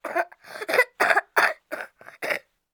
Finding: Cough child.